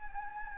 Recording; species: mosquito wingbeat signal from an infrared sensor; Anopheles gambiae